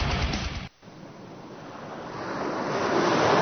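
Rushing beach surf with a steady hiss of breaking waves; after a brief drop-out the wash swells again and grows gradually louder. No voices.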